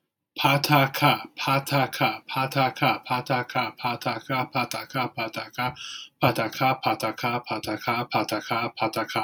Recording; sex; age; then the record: repeated syllables /pa ta ka/; male; 30 to 39 years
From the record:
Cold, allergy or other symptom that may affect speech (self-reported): no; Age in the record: 36 years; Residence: Minnesota, United States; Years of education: 16